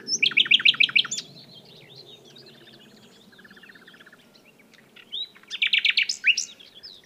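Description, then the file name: Common nightingale singing a fast train of loud repeated chirps, then softer trilled and whistled notes, and another loud repeated burst near the end. "Luscinia megarhynchos"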